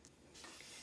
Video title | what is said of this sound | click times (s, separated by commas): Setting up Joey pump with Feed only set | this is an unfit connector and it does twist and lock into place once | 0.0 s